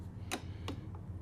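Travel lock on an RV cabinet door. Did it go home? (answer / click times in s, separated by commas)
yes / 0.3 s, 0.7 s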